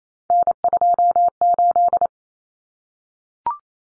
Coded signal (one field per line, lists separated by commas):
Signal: Morse code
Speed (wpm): 28 wpm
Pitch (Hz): 700 Hz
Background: none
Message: N28